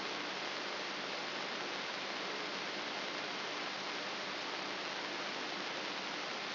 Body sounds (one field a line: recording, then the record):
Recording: brain microelectrode recording played as sound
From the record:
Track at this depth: outside the subthalamic nucleus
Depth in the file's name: 6.301 mm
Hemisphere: left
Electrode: 3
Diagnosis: Parkinson's disease